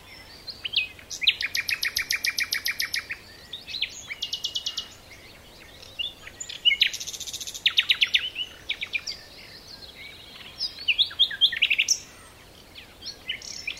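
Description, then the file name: Common nightingale delivering several rapid machine-gun trills of repeated notes, separated by short pauses and softer chirping phrases. "Luscinia megarhynchos"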